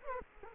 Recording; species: mosquito wingbeat signal from an infrared sensor; Culex quinquefasciatus